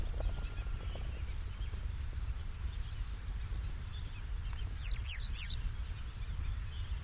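Iberian yellow wagtail calls: a single brief burst of three high, sharp, wavering notes in the latter part, over steady low rumbling background noise.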